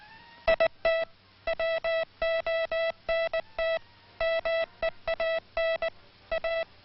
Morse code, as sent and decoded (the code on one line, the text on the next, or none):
.. - / .-- --- -. - / -- . .- -. / .-
IT WONT MEAN A